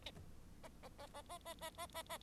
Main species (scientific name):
Lonchura striata domestica